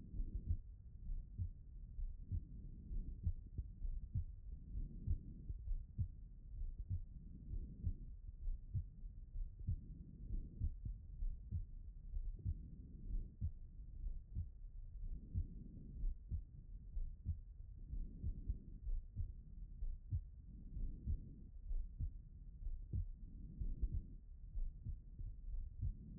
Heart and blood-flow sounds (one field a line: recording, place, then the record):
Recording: heart sounds by stethoscope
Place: pulmonary valve (PV)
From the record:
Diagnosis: HFrEF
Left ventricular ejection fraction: 23%